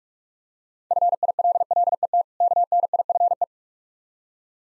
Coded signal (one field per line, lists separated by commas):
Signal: Morse code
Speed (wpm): 45 wpm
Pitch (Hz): 700 Hz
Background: none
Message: FILLET KNIFE